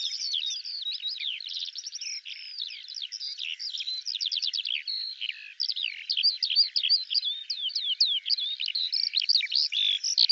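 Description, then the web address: Eurasian skylark singing nonstop, a high, fast, varied warble of chirps and buzzy trills with a brief dip near the middle. "Deverinetal 2025 File cleaned normalized Bird Al Ar"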